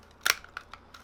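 The two plastic halves of a custom Scuf game controller's housing are squeezed shut onto the controller body after a battery upgrade. Sharp plastic snaps land at 0.3 s and 0.6 s, with fainter ticks between and after. The shell is seated and snapped closed.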